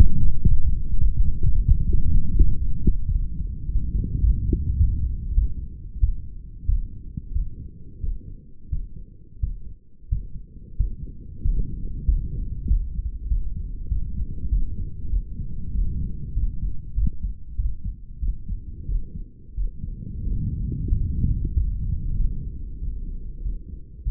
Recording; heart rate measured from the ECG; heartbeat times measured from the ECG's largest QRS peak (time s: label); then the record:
heart sounds by stethoscope; 97 bpm
0.47 s: heartbeat
1.00 s: heartbeat
1.53 s: heartbeat
2.06 s: heartbeat
2.60 s: heartbeat
3.13 s: heartbeat
3.67 s: heartbeat
4.21 s: heartbeat
4.77 s: heartbeat
5.34 s: heartbeat
6.00 s: heartbeat
6.66 s: heartbeat
7.33 s: heartbeat
8.01 s: heartbeat
8.70 s: heartbeat
9.40 s: heartbeat
10.09 s: heartbeat
10.77 s: heartbeat
11.42 s: heartbeat
12.06 s: heartbeat
12.68 s: heartbeat
13.28 s: heartbeat
13.89 s: heartbeat
14.50 s: heartbeat
15.11 s: heartbeat
15.72 s: heartbeat
16.34 s: heartbeat
16.95 s: heartbeat
17.57 s: heartbeat
18.20 s: heartbeat
18.87 s: heartbeat
19.56 s: heartbeat
20.24 s: heartbeat
20.90 s: heartbeat
21.53 s: heartbeat
22.17 s: heartbeat
22.80 s: heartbeat
23.43 s: heartbeat
24.03 s: heartbeat
From the record:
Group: healthy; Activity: light exercise 0-4 s, rest 4-24 s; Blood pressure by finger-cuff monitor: 128/63 mmHg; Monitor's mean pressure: 79 mmHg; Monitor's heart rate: 96 bpm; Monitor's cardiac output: 8.9 L/min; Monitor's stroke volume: 103 mL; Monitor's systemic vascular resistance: 260 dyn s/cm5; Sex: male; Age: 35 years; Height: 180 cm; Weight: 86.9 kg